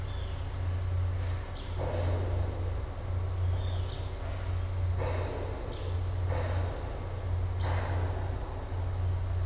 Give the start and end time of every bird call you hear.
1.52s-1.94s: bird call (2.5-5.1 kHz)
3.54s-4.13s: bird call (2.5-4.8 kHz)
5.66s-6.19s: bird call (2.7-5.4 kHz)
7.55s-8.09s: bird call (2.9-5.1 kHz)

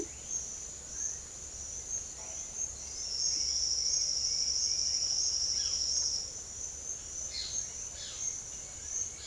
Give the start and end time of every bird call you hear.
0.81s-1.32s: bird call (1.0-2.9 kHz)
2.15s-5.86s: bird call (1.3-4.1 kHz)
7.25s-9.26s: bird call (1.5-5.6 kHz)

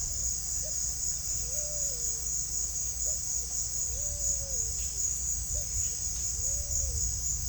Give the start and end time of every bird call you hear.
0.60s-2.18s: bird call (0.3-1.0 kHz)
3.05s-4.64s: bird call (0.3-0.8 kHz)
5.55s-7.00s: bird call (0.3-1.0 kHz)

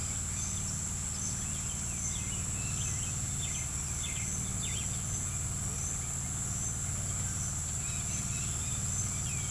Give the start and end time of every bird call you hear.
1.88s-4.89s: bird call (1.4-4.3 kHz)
7.79s-9.50s: bird call (1.8-4.4 kHz)

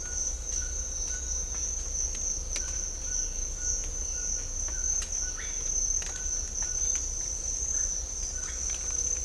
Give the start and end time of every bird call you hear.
0.00s-1.29s: bird call (1.2-1.9 kHz)
2.60s-2.81s: bird call (1.1-2.0 kHz)
3.06s-3.28s: bird call (1.4-2.0 kHz)
3.56s-3.79s: bird call (1.2-2.1 kHz)
4.10s-4.31s: bird call (1.2-1.7 kHz)
5.18s-5.52s: bird call (1.2-3.2 kHz)
6.09s-6.33s: bird call (1.3-1.9 kHz)
6.61s-6.89s: bird call (0.8-2.2 kHz)
7.71s-7.83s: bird call (0.8-2.3 kHz)

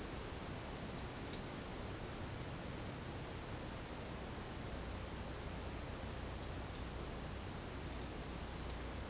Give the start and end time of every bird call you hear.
1.23s-1.48s: bird call (3.5-6.5 kHz)
4.34s-4.64s: bird call (4.0-6.2 kHz)
7.64s-7.96s: bird call (3.9-6.5 kHz)

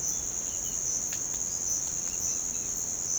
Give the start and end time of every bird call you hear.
0.12s-0.81s: bird call (2.2-4.5 kHz)
2.04s-2.72s: bird call (2.0-4.5 kHz)

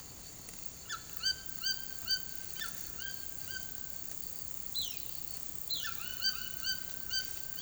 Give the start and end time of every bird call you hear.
0.87s-3.64s: bird call (1.0-7.8 kHz)
4.71s-5.04s: bird call (2.0-8.4 kHz)
5.68s-7.61s: bird call (0.8-8.2 kHz)

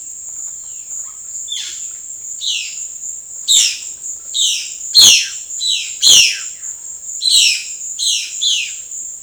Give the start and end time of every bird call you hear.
0.00s-1.08s: bird call (1.5-5.8 kHz)
1.47s-6.56s: bird call (1.5-7.6 kHz)
7.23s-8.74s: bird call (1.1-8.4 kHz)

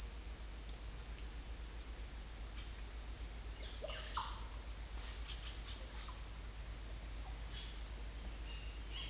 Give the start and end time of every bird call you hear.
3.69s-9.10s: bird call (0.8-4.3 kHz)

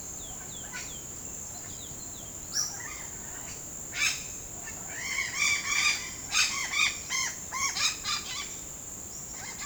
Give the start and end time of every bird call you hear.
0.05s-1.16s: bird call (2.4-4.7 kHz)
1.56s-3.15s: bird call (0.4-6.7 kHz)
3.93s-4.33s: bird call (0.9-7.8 kHz)
4.82s-6.04s: bird call (0.6-7.5 kHz)
6.34s-8.48s: bird call (0.7-8.3 kHz)

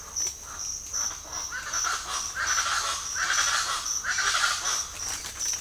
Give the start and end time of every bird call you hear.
0.00s-4.74s: bird call (0.5-2.2 kHz)

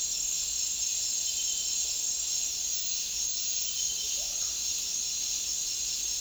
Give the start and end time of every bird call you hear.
3.99s-4.66s: bird call (0.1-1.7 kHz)

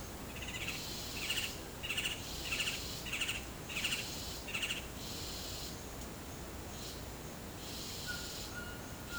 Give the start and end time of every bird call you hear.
0.48s-4.92s: bird call (1.7-9.1 kHz)
7.90s-9.19s: bird call (1.2-1.7 kHz)

